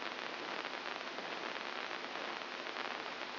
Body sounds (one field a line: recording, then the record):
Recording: brain microelectrode recording played as sound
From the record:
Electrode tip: inside the subthalamic nucleus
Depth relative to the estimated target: 0 mm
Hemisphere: right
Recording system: AlphaMap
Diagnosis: Parkinson's disease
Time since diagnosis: 14 years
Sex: female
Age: 63 years